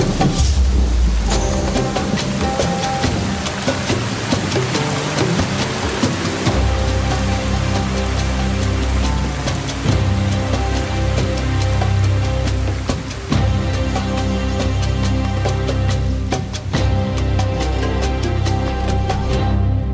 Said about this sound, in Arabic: يمه خف المطر